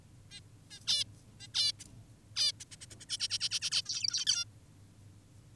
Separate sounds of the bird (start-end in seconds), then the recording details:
0.31-0.40, 0.70-0.80, 0.87-1.04, 1.40-1.47, 1.54-1.72, 1.80-1.84, 2.36-2.52, 2.60-2.64, 2.72-2.76, 2.81-2.86, 2.91-2.96, 3.00-3.06, 3.09-3.18, 3.20-3.28, 3.30-3.38, 3.40-3.49, 3.51-3.60, 3.62-3.70, 3.72-3.82, 3.86-4.25, 4.26-4.44. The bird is an adult. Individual g19o10U